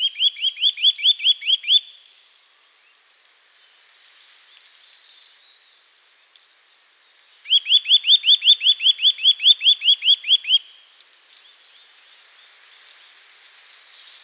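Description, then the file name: Eurasian nuthatch delivering two loud rapid series of whistled notes, the second longer. "Sitta europaea"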